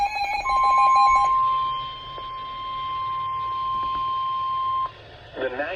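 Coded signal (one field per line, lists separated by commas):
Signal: Emergency Alert System (SAME) tones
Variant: 1050 Hz attention tone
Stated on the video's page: Severe thunderstorm warning on a NOAA Weather Radio station.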